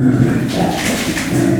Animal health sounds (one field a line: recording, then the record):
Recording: squeal of a Yucatan mini pig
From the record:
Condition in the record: after surgery on the right vocal fold (resection and tissue-engineered implant)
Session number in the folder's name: 4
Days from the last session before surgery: 26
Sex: female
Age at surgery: 19 weeks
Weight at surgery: 25 kg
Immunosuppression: prednisolone